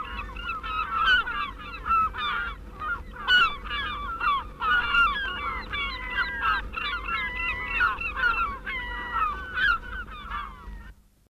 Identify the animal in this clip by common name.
European Herring Gull